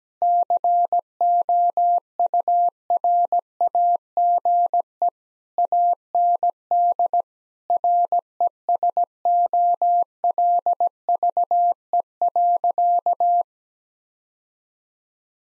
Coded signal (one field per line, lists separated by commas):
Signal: Morse code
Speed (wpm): 17 wpm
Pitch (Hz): 700 Hz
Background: none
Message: COURAGE AND RESOLVE.